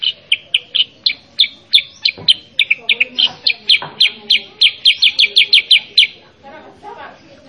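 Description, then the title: Sooty-headed bulbul song: a fast run of more than twenty sharp, bright chirping notes that stops after six seconds, followed by faint background sound. Meant to make a young, untrained sooty-headed bulbul respond at once and sing energetically. "Masteran Kutilang Sutra. MASTERAN BURUNG KUTILANG SUTRA BIKIN KUTILANG SUTRA BAHAN LANGSUNG RESPON BUNYI GACOR"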